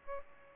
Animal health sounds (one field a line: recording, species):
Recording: mosquito wingbeat signal from an infrared sensor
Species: Aedes albopictus